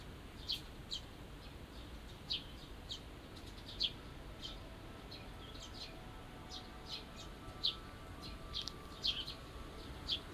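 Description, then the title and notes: Birds giving bright, high chirps in irregular bursts, some notes doubled, with a faint steady hum beneath. Small birds singing in a small garden in a corner of Yushima Tenjin shrine, Tokyo, surrounded by buildings, recorded after rain; binaural recording. "小鳥のさえずり、雨上がりの庭園にて（Binaural）- Birds singing in the garden. 湯島天神の片隅にある小さな庭園で録音しました。"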